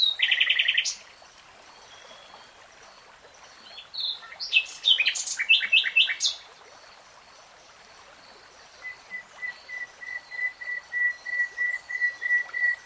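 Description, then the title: Nightingale song: a loud trill, a pause, a complex burst of sharp notes, then a long series of pure whistled notes slowly swelling in volume. Nightingale singing; 3-hour real-time recording. "[Tiếng chim hót] 3 Hours REALTIME Nightingale Singing"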